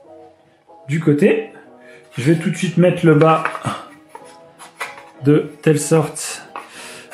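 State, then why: Seated. A wooden bottom panel is fitted into the side panels of a custom wooden bottle box while someone talks over background music. A short knock at 6.6 s marks the panel snapping into its interlocking joint and seating.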